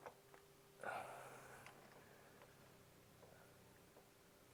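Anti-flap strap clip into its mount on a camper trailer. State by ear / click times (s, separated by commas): not seated / none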